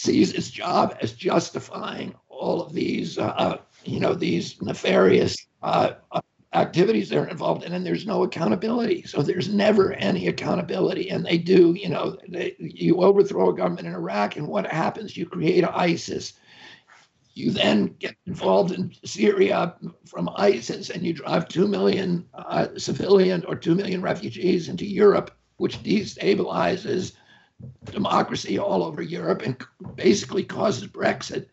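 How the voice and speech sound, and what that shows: Adult man speaking in a strained, rough, effortful voice with broken phrasing and frequent pauses, characteristic of spasmodic dysphonia.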